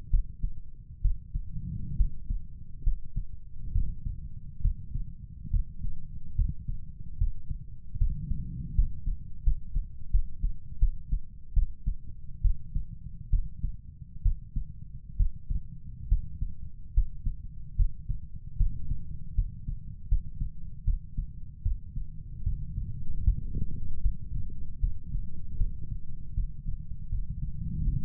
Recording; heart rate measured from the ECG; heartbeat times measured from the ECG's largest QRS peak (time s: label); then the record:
heart sounds by stethoscope; 74 bpm
0.10 s: heartbeat
1.01 s: heartbeat
1.96 s: heartbeat
2.83 s: heartbeat
3.72 s: heartbeat
4.61 s: heartbeat
5.50 s: heartbeat
6.35 s: heartbeat
7.17 s: heartbeat
7.98 s: heartbeat
8.74 s: heartbeat
9.43 s: heartbeat
10.10 s: heartbeat
10.79 s: heartbeat
11.53 s: heartbeat
12.41 s: heartbeat
13.30 s: heartbeat
14.22 s: heartbeat
15.16 s: heartbeat
16.08 s: heartbeat
16.93 s: heartbeat
17.76 s: heartbeat
18.57 s: heartbeat
19.35 s: heartbeat
20.08 s: heartbeat
20.84 s: heartbeat
21.62 s: heartbeat
22.43 s: heartbeat
23.23 s: heartbeat
24.01 s: heartbeat
24.80 s: heartbeat
25.57 s: heartbeat
26.34 s: heartbeat
27.09 s: heartbeat
27.83 s: heartbeat
From the record:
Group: healthy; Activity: cold pressor test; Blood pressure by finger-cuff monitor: 106/69 mmHg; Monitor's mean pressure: 84 mmHg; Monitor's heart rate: 73 bpm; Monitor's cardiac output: 5.5 L/min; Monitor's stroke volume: 75 mL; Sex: male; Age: 35 years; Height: 178 cm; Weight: 64 kg